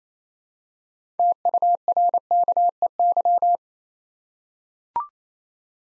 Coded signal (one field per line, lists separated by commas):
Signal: Morse code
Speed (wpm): 29 wpm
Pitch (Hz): 700 Hz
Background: none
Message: TURKEY